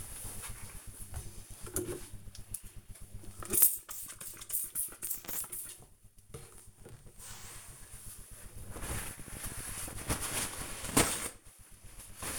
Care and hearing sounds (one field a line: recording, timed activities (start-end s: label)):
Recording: household activities, microphone on the right wrist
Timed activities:
2.67-12.39 s: window cleaning